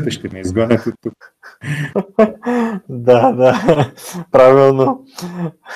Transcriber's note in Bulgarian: смях